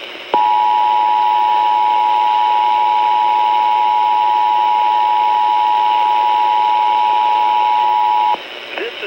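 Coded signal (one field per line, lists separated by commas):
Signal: Emergency Alert System (SAME) tones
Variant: 853 and 960 Hz attention tone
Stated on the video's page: First nationwide EAS test as broadcast on WLS-AM 890 kHz Chicago, Illinois's Primary Entry Point.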